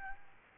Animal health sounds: mosquito wingbeat signal from an infrared sensor; Aedes albopictus

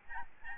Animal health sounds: mosquito wingbeat signal from an infrared sensor; Aedes albopictus

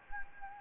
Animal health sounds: mosquito wingbeat signal from an infrared sensor; Anopheles gambiae

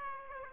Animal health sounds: mosquito wingbeat signal from an infrared sensor; Aedes aegypti

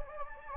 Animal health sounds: mosquito wingbeat signal from an infrared sensor; Anopheles gambiae

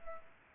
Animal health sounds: mosquito wingbeat signal from an infrared sensor; Culex pipiens

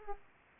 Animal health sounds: mosquito wingbeat signal from an infrared sensor; Culex pipiens

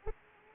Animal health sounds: mosquito wingbeat signal from an infrared sensor; Anopheles arabiensis

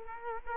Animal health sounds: mosquito wingbeat signal from an infrared sensor; Culex quinquefasciatus

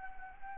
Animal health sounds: mosquito wingbeat signal from an infrared sensor; Anopheles arabiensis

